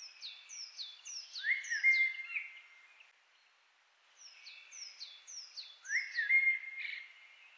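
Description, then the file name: Common blackbird whistling two rich phrases, each preceded by a cluster of high, sharply falling notes. "Turdus merula"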